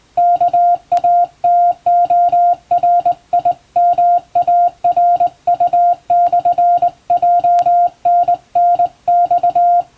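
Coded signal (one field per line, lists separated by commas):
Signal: Morse code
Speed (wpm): 20 wpm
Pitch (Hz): 700 Hz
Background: music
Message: KATORIMARU/JNNX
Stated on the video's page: Morse radiotelegram sent on a vertical straight key, practice using a text for sending English-language telegrams, in the style of ship-to-coast-station traffic.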